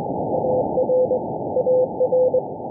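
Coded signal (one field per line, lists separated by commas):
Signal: Morse code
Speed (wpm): 21 wpm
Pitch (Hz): 510 Hz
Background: none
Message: AR AR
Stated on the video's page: Israeli Navy coast station CW on 6607 kHz, received on Airspy Mini with Spyverter and a random wire antenna with 9:1 balun.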